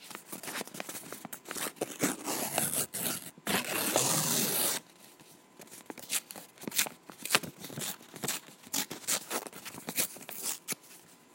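Paper being ripped and torn, with a long, loud, hissing tear running from about two to almost five seconds. Before and after it come many short, crisp crackles and snaps in quick irregular bursts, softer and sparser toward the end.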